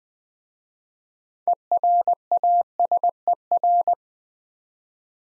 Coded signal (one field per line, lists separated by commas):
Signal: Morse code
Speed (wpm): 20 wpm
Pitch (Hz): 700 Hz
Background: none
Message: ERASER